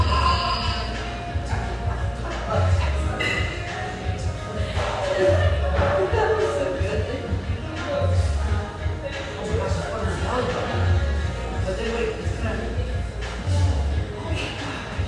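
A busy coffee shop with a steady murmur of overlapping voices that never drops out. Short clinks and knocks of cups and dishes pop up every second or so, over a constant low rumble, with a brief thin tone near the start.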